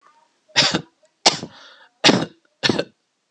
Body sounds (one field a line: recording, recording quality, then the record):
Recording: shallow voluntary cough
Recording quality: excellent, no background noise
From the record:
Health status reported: healthy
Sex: male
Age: 38 years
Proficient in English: yes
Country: United States